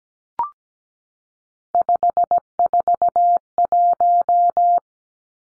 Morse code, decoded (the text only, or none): 541